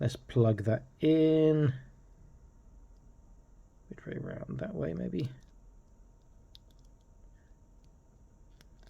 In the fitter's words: okay doesn't want to stay in cuz the W the sort of tube is